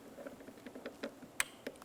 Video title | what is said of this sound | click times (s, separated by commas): How to Replace Fuel Level Sensor 1994-2002 Dodge Ram 2500 | get a nice click from that | 1.4 s